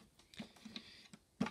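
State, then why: Seated. A HEPA filter is pushed into its slot at the bottom of a Rainbow vacuum cleaner's housing. A few light ticks and taps come between about 0.2 and 1.1 seconds, then a sharper, louder click at 1.4 seconds. The filter pops into place and is seated.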